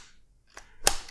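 A stainless quick connect plug is pushed back into the coupler of a pressure washer gun one more time. A faint tick comes at 0.6 s, then a loud, sharp click at 0.9 s, followed by a softer tick near 1.1 s. The coupling snaps home and is seated.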